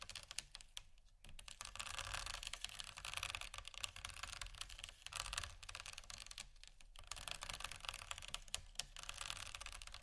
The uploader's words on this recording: ASMR Scratching Bumpy Items No Talking Rode Mics.